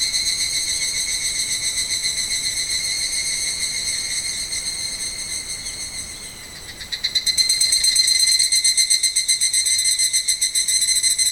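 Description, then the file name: Evening cicada song, a ringing tonal drone that fades midway, then a louder burst of rapid metallic pulses takes over and continues to the end. "Higurashi"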